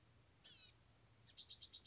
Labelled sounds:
Blue-gray Gnatcatcher (Polioptila caerulea)
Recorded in Sonoma County, California

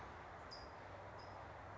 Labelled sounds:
California Towhee (Melozone crissalis)
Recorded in Sonoma County, California

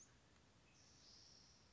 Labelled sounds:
Western Flycatcher (Empidonax difficilis)
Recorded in Sonoma County, California

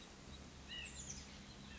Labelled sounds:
White-breasted Nuthatch (Sitta carolinensis)
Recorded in Sonoma County, California

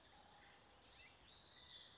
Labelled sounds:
California Towhee (Melozone crissalis)
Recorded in Sonoma County, California

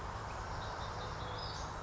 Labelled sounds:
Western Flycatcher (Empidonax difficilis)
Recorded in Sonoma County, California

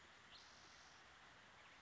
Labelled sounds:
Spotted Towhee (Pipilo maculatus)
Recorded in Sonoma County, California

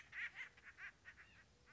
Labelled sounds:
Acorn Woodpecker (Melanerpes formicivorus)
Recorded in Sonoma County, California

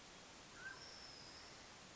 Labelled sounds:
Mountain Quail (Oreortyx pictus)
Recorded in Sonoma County, California

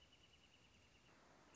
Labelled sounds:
Wrentit (Chamaea fasciata)
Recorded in Sonoma County, California

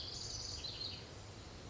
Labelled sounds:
House Wren (Troglodytes aedon)
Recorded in Sonoma County, California

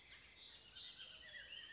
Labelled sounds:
Bullock's Oriole (Icterus bullockii)
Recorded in Sonoma County, California

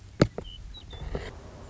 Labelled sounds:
Western Meadowlark (Sturnella neglecta)
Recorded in Sonoma County, California

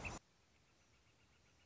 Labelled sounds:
Northern Flicker (Colaptes auratus)
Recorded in Sonoma County, California

